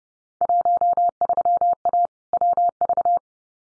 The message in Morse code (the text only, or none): 13A WV